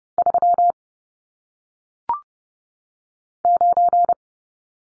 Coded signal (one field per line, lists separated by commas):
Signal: Morse code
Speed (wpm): 30 wpm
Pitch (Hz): 700 Hz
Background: none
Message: 3 9